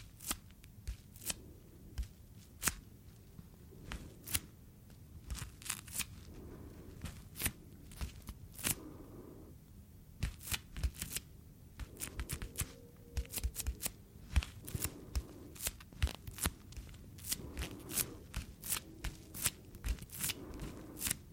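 Latex and cleaning gloves are rubbed, snapped and crinkled in an irregular stream of sharp, bright crackles and squeaks. The clicks come several times a second in uneven bursts over a soft low rumble, with a brief faint whistle-like squeak near the middle.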